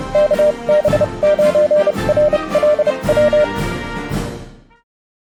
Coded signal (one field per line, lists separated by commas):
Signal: Morse code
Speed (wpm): 30 wpm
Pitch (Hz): 600 Hz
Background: music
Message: KB9RLW